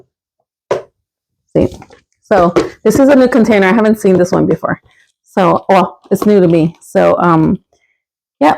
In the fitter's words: a little slender thing and it snaps into place on